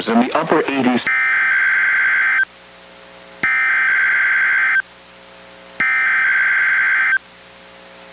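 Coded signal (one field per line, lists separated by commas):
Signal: Emergency Alert System (SAME) tones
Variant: header bursts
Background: speech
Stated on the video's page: NWR required weekly test from NWS Portland, relayed by KEC91 Astoria, received on a Reecom R-1630 weather radio and recorded with a Zoom H1.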